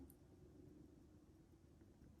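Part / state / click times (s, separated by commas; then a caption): crown stem into a watch movement / not seated / none. A small crown and stem for an Orient Mako II or Ray II is picked up and lined up with the watch movement before being pushed in. A steady low rumble runs throughout, with one brief faint high tick near 0.1 s. Nothing has seated or clicked yet.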